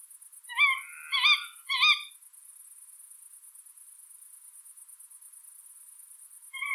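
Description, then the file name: Tawny owl calls: three short, harsh notes in quick succession, then a long pause before another call begins at the end, over a constant high background hiss. "Tawny-Owl- -Strix-aluco"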